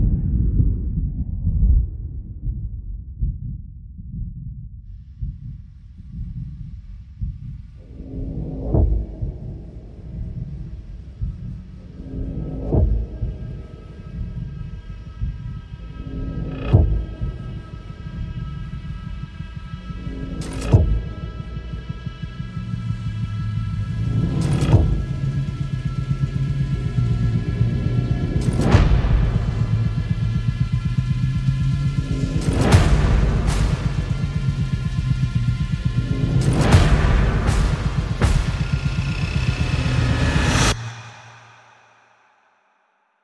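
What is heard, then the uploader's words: A dark low rumble turns into a quickening pulse, then builds to a tense crescendo of rising sustained tones punctuated by deep booms, stopping abruptly. A dark distant thunder becomes a low accelerating pulse which evolves into a tense crescendo with sustainted tones slowly rising in pitch punctuated with deep whoosh-booms.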